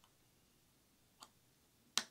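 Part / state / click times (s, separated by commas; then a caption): plastic lid on a lip balm case / seated / 2.0 s. The hinged plastic lid of a character-shaped Lip Smacker Lippy Pals moisturizing lip balm case is pressed closed. A faint tick comes at about 1.2 s, then a sharp, loud snap at 2.0 s as the lid locks shut. The lid closes firmly and stays locked.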